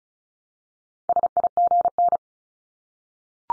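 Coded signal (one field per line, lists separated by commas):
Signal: Morse code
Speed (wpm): 36 wpm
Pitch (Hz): 700 Hz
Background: none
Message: SIGN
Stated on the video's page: Morse head-copy practice set of multi-letter phonemes at 35 wpm.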